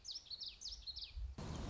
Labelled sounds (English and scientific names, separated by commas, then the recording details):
Common Yellowthroat (Geothlypis trichas)
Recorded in Sonoma County, California